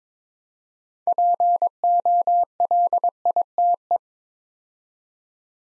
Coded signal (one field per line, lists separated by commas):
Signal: Morse code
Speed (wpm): 22 wpm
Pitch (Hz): 700 Hz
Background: none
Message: POLITE